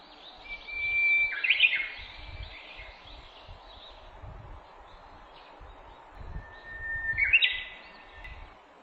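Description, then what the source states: Japanese bush warbler singing twice, several seconds apart. Each phrase is a held whistle that ends in a quick, rising flourish, with low rumbling noise underneath. Recorded on 18 April 2008.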